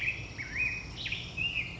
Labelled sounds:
Black-headed Grosbeak (Pheucticus melanocephalus)
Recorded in Sonoma County, California

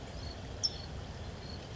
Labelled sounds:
California Towhee (Melozone crissalis)
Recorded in Sonoma County, California

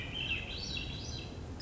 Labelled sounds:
Swainson's Thrush (Catharus ustulatus)
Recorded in Sonoma County, California

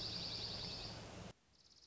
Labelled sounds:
Dark-eyed Junco (Junco hyemalis)
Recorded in Sonoma County, California

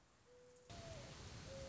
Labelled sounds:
Mourning Dove (Zenaida macroura)
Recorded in Sonoma County, California

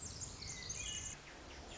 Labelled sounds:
Pacific Wren (Troglodytes pacificus)
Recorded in Sonoma County, California

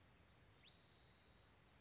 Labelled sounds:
Spotted Towhee (Pipilo maculatus)
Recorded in Sonoma County, California

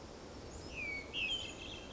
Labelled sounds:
Hermit Thrush (Catharus guttatus)
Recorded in Sonoma County, California

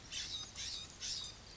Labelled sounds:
California Scrub-Jay (Aphelocoma californica)
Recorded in Sonoma County, California

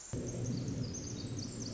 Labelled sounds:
Pacific Wren (Troglodytes pacificus)
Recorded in Sonoma County, California

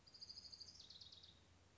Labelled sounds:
Orange-crowned Warbler (Leiothlypis celata)
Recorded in Sonoma County, California

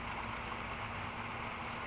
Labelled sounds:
California Towhee (Melozone crissalis)
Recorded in Sonoma County, California

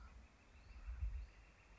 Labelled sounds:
Northern Flicker (Colaptes auratus)
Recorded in Sonoma County, California

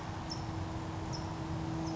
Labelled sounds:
California Towhee (Melozone crissalis)
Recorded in Sonoma County, California

